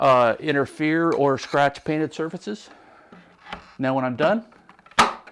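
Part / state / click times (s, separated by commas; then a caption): wooden disk tower onto magnetic wall backing plate / seated / 5.0 s. Someone talks as a wooden disk storage tower is pushed onto its magnetic wall backing plate, where recessed magnets meet striker plates set below the surface so they won't interfere with or scratch painted surfaces. A few faint knocks lead into one sharp snap at 5.0 s as the tower seats into place.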